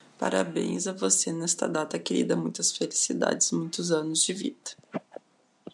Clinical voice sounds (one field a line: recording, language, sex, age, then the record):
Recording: short text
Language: Brazilian Portuguese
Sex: female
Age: 40 to 49 years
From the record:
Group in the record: control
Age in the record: 40 years